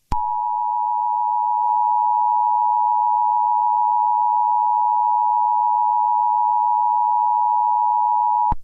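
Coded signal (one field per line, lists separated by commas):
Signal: Emergency Alert System (SAME) tones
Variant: 853 and 960 Hz attention tone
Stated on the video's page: Fictional EAS mini scenario.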